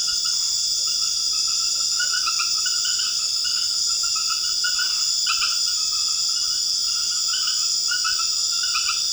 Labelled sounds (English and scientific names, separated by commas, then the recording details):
none
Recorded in secondary vegetation near Puerto Asís, Putumayo, Colombia, on 12 March 2025 at 22:00
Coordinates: 0.488, -76.319
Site G095